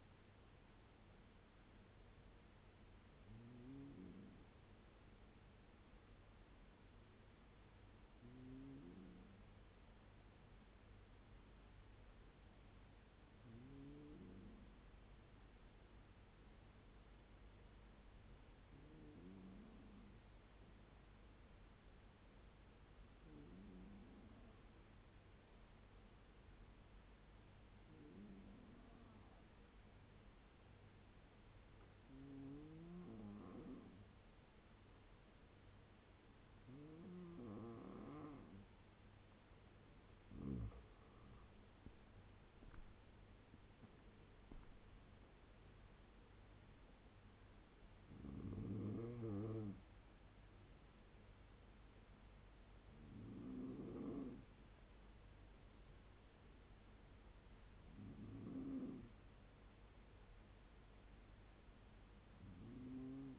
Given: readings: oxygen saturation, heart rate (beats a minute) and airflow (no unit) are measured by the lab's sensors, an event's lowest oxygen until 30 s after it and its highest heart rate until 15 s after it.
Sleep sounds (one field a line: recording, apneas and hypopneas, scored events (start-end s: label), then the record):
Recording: breathing in sleep by a voice recorder at the bedside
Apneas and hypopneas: 1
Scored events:
5.00-39.00 s: hypopnea (N1, oxygen 97% highest, then 92% lowest, heart rate 75 at the start, 87 highest)
27.00-63.39 s: new sleep stage, N2 (light sleep)
From the record:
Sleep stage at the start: N1 (lightest sleep)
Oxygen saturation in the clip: 92 to 97%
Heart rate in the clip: 69 to 87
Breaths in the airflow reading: 14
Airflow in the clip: -8.9 to 11.5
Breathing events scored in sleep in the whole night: 201 in 6.5 hours asleep